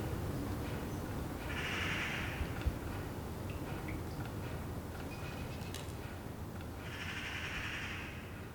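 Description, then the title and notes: Eurasian magpie giving two harsh chattering bursts several seconds apart, with faint clicks and ticks between over low background noise. Several magpies chattering in a tree, heard from a balcony in Saint-Gilles, Belgium, on a Sunday morning, with water drops falling regularly; recorded on a Sony PCM-D100. "Saint-Gilles, Belgique - Magpies. Dimanche matin sur le balcon. Des pies jacassent dans un arbre. Sunday morning on the balcony. Magpies chattering in a tree"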